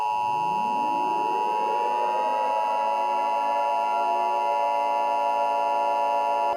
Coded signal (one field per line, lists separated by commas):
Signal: Emergency Alert System (SAME) tones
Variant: 853 and 960 Hz attention tone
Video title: Deleted Scene From Foxy Rates EAS Alarms Part 8 That Didnt Make The Cut